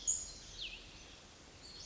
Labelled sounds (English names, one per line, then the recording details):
Cassin's Vireo
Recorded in Sonoma County, California